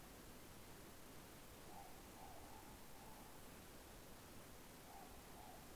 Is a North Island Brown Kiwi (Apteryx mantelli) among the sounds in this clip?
no